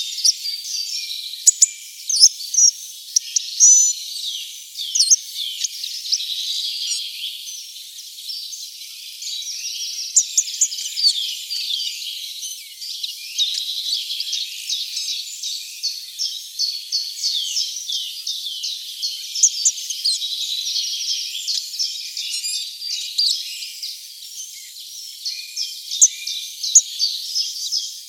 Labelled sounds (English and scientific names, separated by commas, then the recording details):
Hawfinch (Coccothraustes coccothraustes) song
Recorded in the wild
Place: Weisweil am Kaiserstuhl, Baden-Württemberg, DE
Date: 1984-03-30
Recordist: Schwarz, Dieter